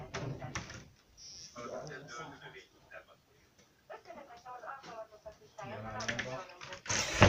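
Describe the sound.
People talk for several seconds, then a door slams shut with a single loud, sharp bang right at the end.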